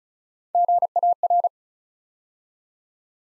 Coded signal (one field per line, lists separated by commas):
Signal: Morse code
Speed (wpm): 36 wpm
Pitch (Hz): 700 Hz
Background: none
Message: GAR